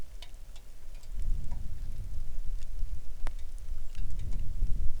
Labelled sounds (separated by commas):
wind, rain